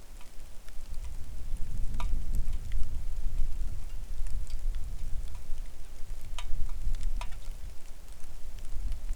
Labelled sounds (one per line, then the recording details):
wind
rain
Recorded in the Arctic National Wildlife Refuge, Alaska, on 3 August 2019 at 09:41
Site 41